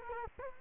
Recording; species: mosquito wingbeat signal from an infrared sensor; Culex quinquefasciatus